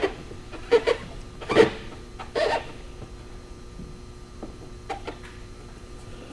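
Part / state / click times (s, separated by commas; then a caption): rubber locking strip into windshield gasket / not seated / none. A rubber locking strip is being worked into a Precision WCR 848 windshield weatherstrip seal on a 1973-1987 Chevy or GMC truck or SUV. Short bursts of rubbing and squeaking are heard near 0.8 s, 1.6 s and 2.5 s, followed by faint light taps. Nothing has seated or clicked yet, and one area of the locking strip is left unseated.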